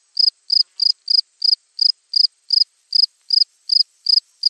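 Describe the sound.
Cricket producing bright pulsed chirps, spaced a little unevenly, close to three per second, with silence between.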